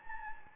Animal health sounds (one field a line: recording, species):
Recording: mosquito wingbeat signal from an infrared sensor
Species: Anopheles gambiae